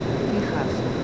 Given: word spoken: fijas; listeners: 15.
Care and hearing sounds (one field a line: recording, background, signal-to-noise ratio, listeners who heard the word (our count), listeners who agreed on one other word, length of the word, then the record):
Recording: one Spanish word in noise, from a listening test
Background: speech-shaped noise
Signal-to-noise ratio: -6.9 dB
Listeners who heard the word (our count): 3 of 15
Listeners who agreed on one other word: 9 of 15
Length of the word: 0.64 s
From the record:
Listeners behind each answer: 9, 3, 3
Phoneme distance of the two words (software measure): 7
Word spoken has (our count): 2 syllables, 5 phonemes, stress on syllable 1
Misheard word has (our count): 2 syllables, 4 phonemes, stress on syllable 1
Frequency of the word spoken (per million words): 6.43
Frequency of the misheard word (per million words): 23.17